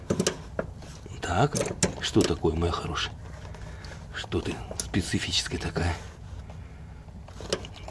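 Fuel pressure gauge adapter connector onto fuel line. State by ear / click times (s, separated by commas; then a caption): not seated / none. Someone talks while the quick connector of a fuel-pressure-gauge adapter is pushed onto a fuel line, with short sharp knocks near the start and a cluster of small taps at the end. The connector does not latch and has to be held by hand because it is slightly the wrong fit; nothing has clicked into place.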